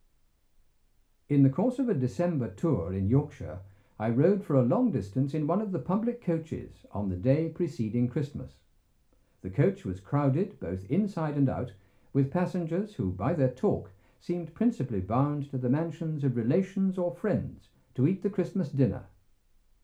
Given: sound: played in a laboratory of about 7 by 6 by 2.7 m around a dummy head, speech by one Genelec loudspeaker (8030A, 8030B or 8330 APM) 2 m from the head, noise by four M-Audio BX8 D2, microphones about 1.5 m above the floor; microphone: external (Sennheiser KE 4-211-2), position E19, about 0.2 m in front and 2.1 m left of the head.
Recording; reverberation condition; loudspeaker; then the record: male speech in English; low; 90 degrees to the left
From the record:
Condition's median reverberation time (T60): about 310 ms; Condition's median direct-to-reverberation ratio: about 3.5 dB